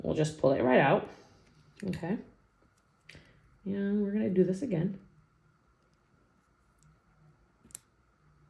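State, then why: Seated. A blade housing is pulled out of clamp B of a cutting machine and then pushed back in while someone talks. After a quiet stretch with a faint tick near 6.8 s, a sharp snap at 7.8 s marks the housing seating in the clamp.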